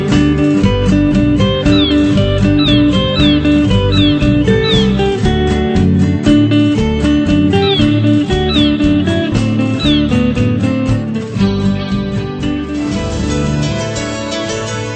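Shrill, high seagull cries repeat in short downward-sliding bursts over a steady, full band of music that plays throughout at a fairly loud level.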